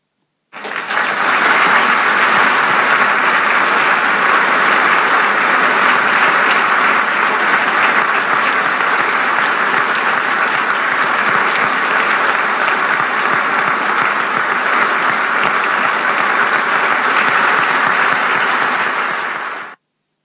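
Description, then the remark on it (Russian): A large crowd in a hall bursts into a sustained, loud ovation, rising to its feet, a dense steady roar of clapping that holds evenly for about twenty seconds before cutting off, with no voices standing out. “Зал взорвался овациями.”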